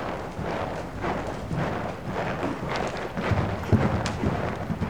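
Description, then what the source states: Horse hoofbeats, heavy dull thumps in a loose rhythm that become stronger near the end. One horse working in an indoor school.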